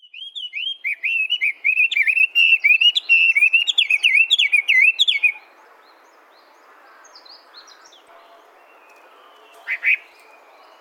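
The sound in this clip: Bird song, a fast jumbled warble of chirps and trills for about five seconds, then near quiet with faint background sound and a brief chirp near the end.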